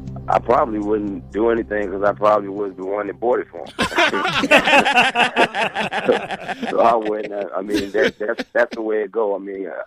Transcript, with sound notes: I probably wouldn’t do anything because I probably was the one who bought it for him. (LAUGHTER) So I wouldn’t, I mean, that’s the way it go, I mean,